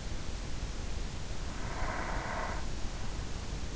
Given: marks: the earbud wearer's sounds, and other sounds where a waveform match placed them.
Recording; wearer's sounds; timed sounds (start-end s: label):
sounds in sleep by an in-ear microphone; breath
1.35-3.05 s: breath